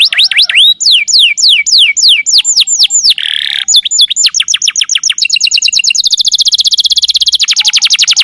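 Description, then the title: Lovebird shrill chirping: a rapid series of high, downward-slurred chirps, a harsh buzzy rasp near the middle, then a fast, even run of sharp high notes. Lure call used to attract lovebirds. "PIKAT BURUNG LOVEBIRD"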